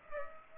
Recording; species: mosquito wingbeat signal from an infrared sensor; Aedes aegypti